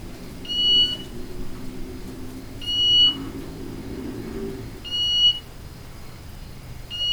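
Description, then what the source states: Bird call: a regular run of short, pure, beeping whistles about every two seconds over a soft low drone. Recorded in Indonesia; described as beeping birds.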